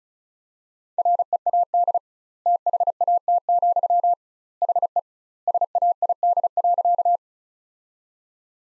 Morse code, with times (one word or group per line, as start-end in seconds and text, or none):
1.0-2.0 READ
2.5-4.1 THAT,
4.6-5.0 HE
5.5-7.2 SAID.